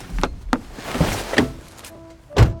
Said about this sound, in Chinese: 关车门的声音有点大，关门的响声和这负面情绪糊了我一脸，我的心也跟着震了一下